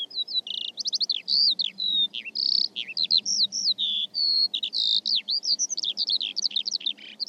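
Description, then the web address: Bird song of busy, high-pitched notes: whistled upsweeps, brief buzzes and twittering chips tumble together in a steady unbroken flow. "Deverinetal"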